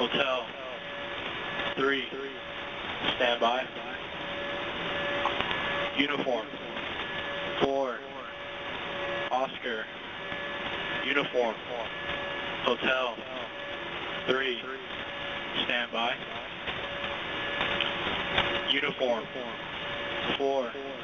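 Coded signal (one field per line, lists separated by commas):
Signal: coded military voice message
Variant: HFGCS Emergency Action Message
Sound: male voice over shortwave static reading phonetic alphabet characters after "standby"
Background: radio static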